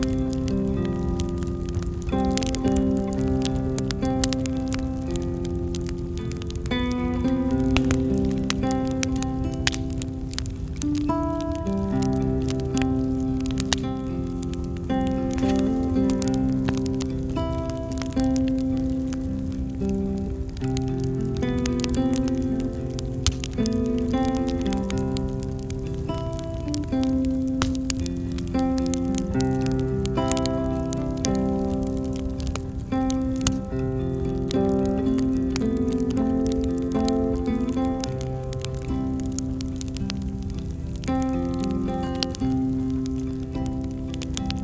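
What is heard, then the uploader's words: A campfire crackles and pops steadily throughout, with sharp snaps scattered densely across the whole clip. Beneath it sits a warm, low, sustained bed of pitched tones that shift slowly, keeping the level even and close from start to finish. Campfire Coziness.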